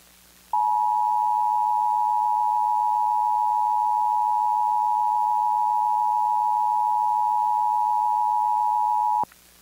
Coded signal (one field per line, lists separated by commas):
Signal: Emergency Alert System (SAME) tones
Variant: 853 and 960 Hz attention tone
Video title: Iowa Required Monthly Test (March 6, 2024)